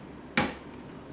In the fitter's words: It snaps in place with a click sound.